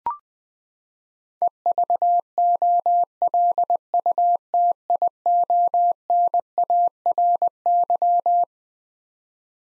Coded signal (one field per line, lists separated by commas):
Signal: Morse code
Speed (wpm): 20 wpm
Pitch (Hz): 700 Hz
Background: none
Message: EVOLUTIONARY